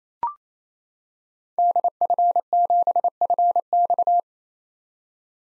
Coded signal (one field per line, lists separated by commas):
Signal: Morse code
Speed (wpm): 28 wpm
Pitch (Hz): 700 Hz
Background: none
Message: DF7FX